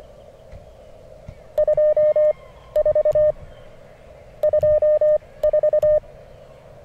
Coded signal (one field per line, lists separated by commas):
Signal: Morse code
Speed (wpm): 24 wpm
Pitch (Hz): 610 Hz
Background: none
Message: 24 24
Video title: CQ WW WPX CW Contest - May 25th, 2019